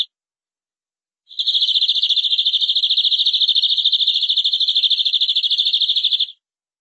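Canary singing one long, evenly pulsed high trill lasting about five seconds.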